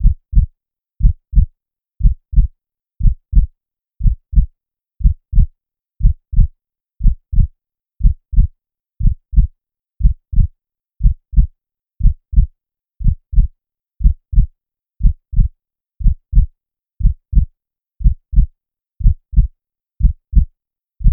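Steady, low paired thumps, a lub followed closely by a dub, repeat evenly at 60 beats a minute, with no extra sounds between beats. A regular heartbeat at a resting rate, as a sound effect.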